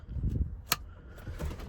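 A wiring harness connector with a locking lever is pressed onto the 4G modem on a John Deere S600 combine, and the lever is rotated until it clicks home. A sharp, bright click sounds at 0.7 s over low rumbling handling noise, confirming the connector is seated.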